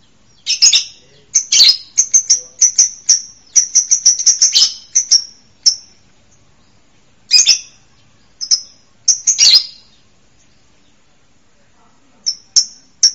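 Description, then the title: Bird singing high, sharp chirps and short trilled bursts in quick clusters, pausing for about one and a half seconds, then resuming with scattered notes. Masteran song used to train birds. "Burung Masteran"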